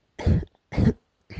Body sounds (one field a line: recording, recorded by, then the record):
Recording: voluntary cough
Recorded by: messaging app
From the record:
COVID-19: negative